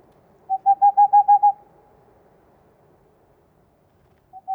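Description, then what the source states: Tengmalm's owl with one quick run of about seven soft hoots, then a pause over low rumbling background noise before two more hoots begin at the end. Hooting of a male.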